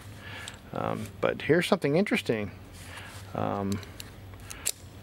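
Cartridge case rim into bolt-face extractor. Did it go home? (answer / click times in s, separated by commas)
yes / 4.7 s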